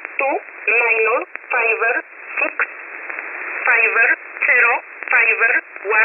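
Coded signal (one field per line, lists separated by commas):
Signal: numbers station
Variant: E11 Oblique, English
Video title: 20 09 2022 Numbers Station E11 Oblique in English to Eu 0722 on 9963 Warsaw in USB mode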